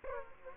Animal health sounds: mosquito wingbeat signal from an infrared sensor; Aedes aegypti

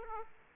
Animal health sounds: mosquito wingbeat signal from an infrared sensor; Aedes aegypti

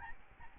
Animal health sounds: mosquito wingbeat signal from an infrared sensor; Aedes albopictus

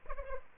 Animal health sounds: mosquito wingbeat signal from an infrared sensor; Aedes aegypti

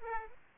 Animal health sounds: mosquito wingbeat signal from an infrared sensor; Aedes aegypti

